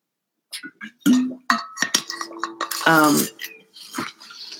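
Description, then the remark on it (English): Sharp, irregular clinks and taps of a glass being handled while someone drinks water, with a few brief ringing tones between the knocks and no speech. “I'm just taking some water. So excuse me for a second.”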